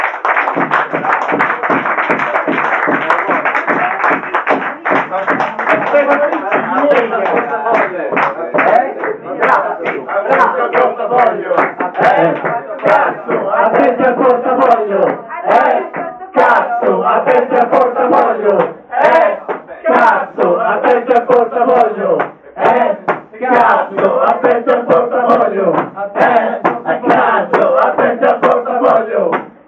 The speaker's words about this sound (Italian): Un applauso a questi belli. Grazie.